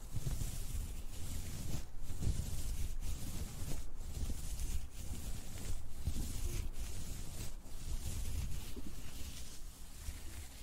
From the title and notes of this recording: ASMR Ear cleaning & Ear massage.